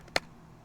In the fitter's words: hear it clicking the place now you have a vacuum